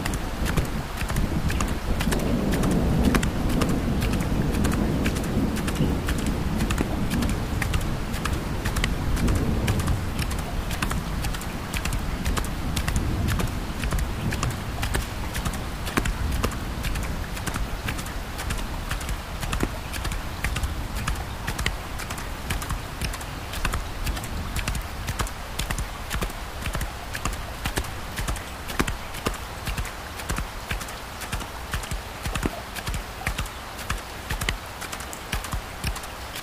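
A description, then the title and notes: Hooves clop at a steady walking pace throughout, regular sharp clicks. Deep low rumbling thunder rolls in the distance during the first ten seconds, then fades, leaving the hoofbeats over a soft hiss of light rain. Horseback Ride Thunder Light Rain. A late night horse ride a storm in the distance, deep rolling thunder.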